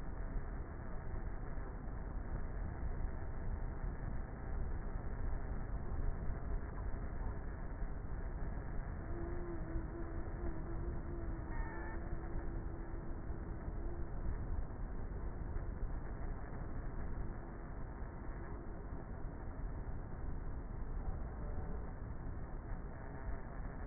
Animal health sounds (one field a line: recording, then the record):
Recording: honeybee colony, microphone inside the hive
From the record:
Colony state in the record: queenless with a low population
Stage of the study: before two queens were removed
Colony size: about 30,000 bees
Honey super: no